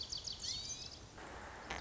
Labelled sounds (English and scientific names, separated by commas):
Lazuli Bunting (Passerina amoena)